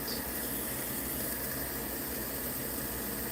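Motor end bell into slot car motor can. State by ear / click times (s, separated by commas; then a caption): not seated / none. A plastic end bell is handled at the motor can of a slot car chassis, about to be pressed in, while a steady broadband hiss runs through the clip with no distinct impacts. Nothing has seated or clicked yet.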